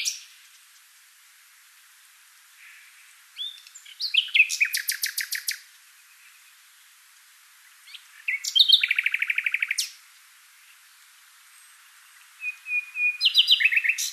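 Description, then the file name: Common nightingale giving three loud phrases spaced several seconds apart, each a rapid, rattling series of repeated notes after brief chirps. "Luscinia megarhynchos"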